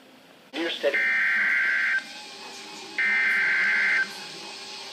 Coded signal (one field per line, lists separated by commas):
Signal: Emergency Alert System (SAME) tones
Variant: header bursts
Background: speech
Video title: NOAA Radio (EAS #197-199) 3 SVR's